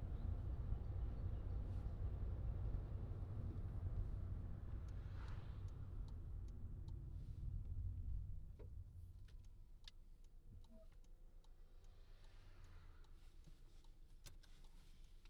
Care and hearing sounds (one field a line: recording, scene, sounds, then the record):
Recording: everyday scene through a hearing-aid microphone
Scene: in a vehicle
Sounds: engine, traffic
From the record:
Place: Skoda Fabia, gasoline engine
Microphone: in the ear canal, left